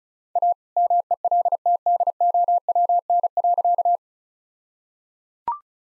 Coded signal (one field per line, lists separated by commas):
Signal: Morse code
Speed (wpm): 36 wpm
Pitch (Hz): 700 Hz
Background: none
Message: A MELTDOWN.